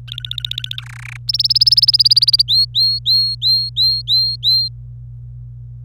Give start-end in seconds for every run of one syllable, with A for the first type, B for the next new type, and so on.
0.08-0.81 A, 0.82-1.17 B, 1.28-2.42 C, 2.48-4.68 D